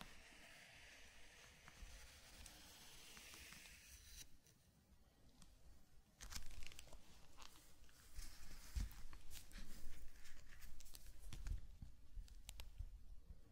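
Sand crinkling and brushing: a soft hiss for four seconds, then denser scratchy sweeps with sharp taps near nine and eleven seconds.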